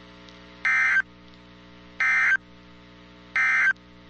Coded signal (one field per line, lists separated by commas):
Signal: Emergency Alert System (SAME) tones